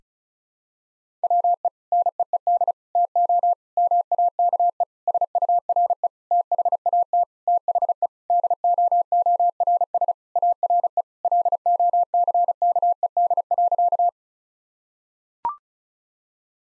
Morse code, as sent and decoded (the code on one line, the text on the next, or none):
.-- . / -. . . -.. / - --- / -- .- -.- . / ... ..- .-. . / - .... .- - / - .... . / -.. --- --- .-. ... / .- .-. . / .-.. --- -.-. -.- . -.. .-.-.-
WE NEED TO MAKE SURE THAT THE DOORS ARE LOCKED.